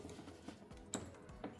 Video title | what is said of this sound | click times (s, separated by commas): 2014-2025 CHEVY TAHOE 4WD PREMIER (5.3L) Replace Vapor Canister Vent Valve | Okay, well, it didn't click that loudly, but you always want to pull it back and forth. | 0.9 s